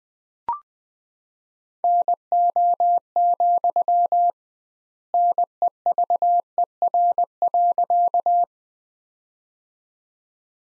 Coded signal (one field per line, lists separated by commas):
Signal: Morse code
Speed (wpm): 19 wpm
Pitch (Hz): 700 Hz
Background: none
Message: NO, NEVER.